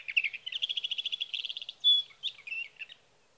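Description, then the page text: Sage thrasher song: quick, evenly repeated trilled notes, then a clear whistled note and a few jumbled warbles at the end. Male singing at night near his night roost in Sierra Valley, California, evening June 12 to morning June 15, 2018; recorded with a Swift recorder. "61. Sage thrasher songs, through the night."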